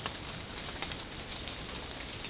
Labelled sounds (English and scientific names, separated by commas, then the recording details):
none
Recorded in secondary vegetation near Puerto Asís, Putumayo, Colombia, on 21 March 2025 at 16:00
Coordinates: 0.485, -76.322
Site G040